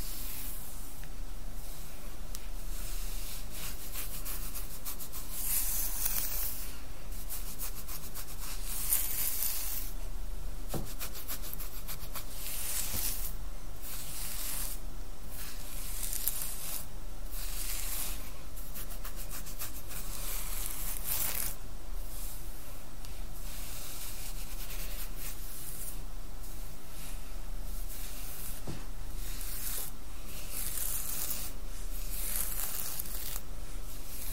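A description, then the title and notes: Steady brushing and rubbing of hair fills the clip, a dense run of soft, bright scratchy strokes with no pauses. Brighter swishes swell at irregular moments, roughly every few seconds, over a faint low hum that stays constant throughout. ASMR Relaxing Hair Play & Brushing.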